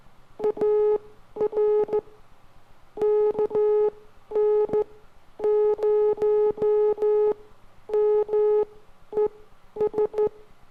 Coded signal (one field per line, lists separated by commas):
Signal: Morse code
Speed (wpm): 14 wpm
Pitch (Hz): 420 Hz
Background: none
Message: AR KN0MES